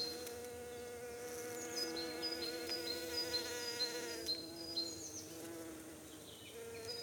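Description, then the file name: Bee buzzing, a steady droning hum that shifts slightly in pitch throughout, with faint high chirping in the background. Recorded near Cologne, Germany. "Bee sounds near Cologne, Germany - reinsamba"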